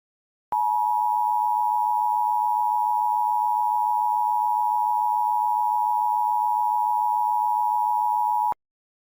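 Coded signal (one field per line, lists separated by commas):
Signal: Emergency Alert System (SAME) tones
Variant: 853 and 960 Hz attention tone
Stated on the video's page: Mock recreation of a statewide San Antonio Amber Alert using valid tones.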